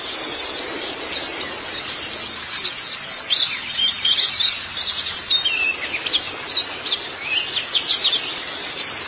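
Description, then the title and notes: White-eye song: dense, very high-pitched twittering of quick rising and falling notes, running without pause over a steady background hiss. "Kicauan Burung Pleci Durasi Panjang. Suara kicauan burung pleci"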